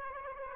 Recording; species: mosquito wingbeat signal from an infrared sensor; Aedes aegypti